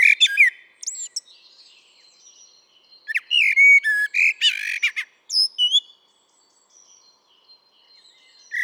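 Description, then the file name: Common blackbird singing in bursts: warbled fluty notes, a pause, a phrase of mellow whistles and high twitters, then a quiet stretch with a few faint notes. "Turdus merula"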